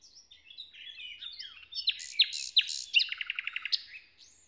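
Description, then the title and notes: Common nightingale phrase of varied slurred notes building to loud strokes and a fast run of repeated notes. In a forest near Hoscheid, Luxembourg, on an early summer morning after a wet night as the sun rises; performs a kind of morning song. "hoscheid, forest, nightingale. Hoscheid - Waldmorgen. Inside the forest. recorded early on a summer morning. After a wet night the sun comes up and sparkles through the leaves of the trees. A nightingale performs a kind of morning song"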